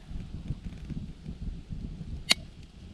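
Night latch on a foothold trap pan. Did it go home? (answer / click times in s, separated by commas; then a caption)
yes / 2.3 s. The night latch on the pan of a dogless foothold trap catches with a sharp, bright click at 2.3 s as the steel jaws are pressed down, standing out over low rumbling handling noise. A much fainter tick follows at 2.6 s. The latch is seated and the trap is set.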